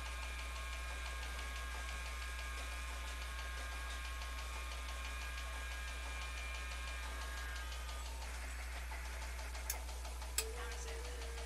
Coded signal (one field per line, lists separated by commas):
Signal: FT8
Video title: FT897 QSO FT8 20m 5w - WA to AZ - N7JFP